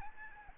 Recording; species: mosquito wingbeat signal from an infrared sensor; Aedes albopictus